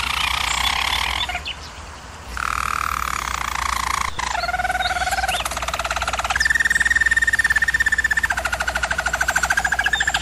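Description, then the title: German Roller canary song, a run of rolling trills and rattling tours shifting in pitch every second or two, with a brief softer passage early on; low hum beneath. German Roller canary singing, for canary training. "German Roller Canary Singing - Canary Training Vid"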